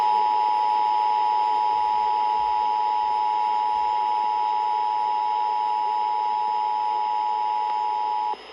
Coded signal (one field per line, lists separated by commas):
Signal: Emergency Alert System (SAME) tones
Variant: 853 and 960 Hz attention tone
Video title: FINALLY, NIGHTTIME RMTS - Albany, NY/Illinois Monthly Tests (04/05/22) - EAS #60-61